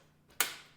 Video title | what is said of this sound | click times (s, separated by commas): PC Build From The Ground UP! Cooler Master QUBE 500 Flatpack Review | Now getting this back panel on, I think we just go ahead and lift it up, and it should just snap right into place, and there we go. | 0.4 s